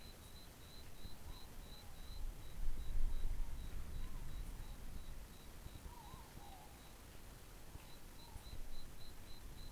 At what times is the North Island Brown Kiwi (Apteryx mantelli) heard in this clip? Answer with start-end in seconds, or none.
none